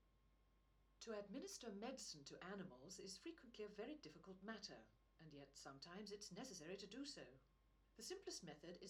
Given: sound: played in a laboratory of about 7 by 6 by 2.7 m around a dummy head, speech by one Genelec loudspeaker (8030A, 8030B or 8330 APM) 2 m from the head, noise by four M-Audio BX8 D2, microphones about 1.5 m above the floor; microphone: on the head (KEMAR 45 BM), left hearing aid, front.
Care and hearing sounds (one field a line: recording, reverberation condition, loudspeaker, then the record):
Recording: female speech in English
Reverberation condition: low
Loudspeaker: 120 degrees to the left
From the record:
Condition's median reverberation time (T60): about 310 ms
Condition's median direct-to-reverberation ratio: about 3.5 dB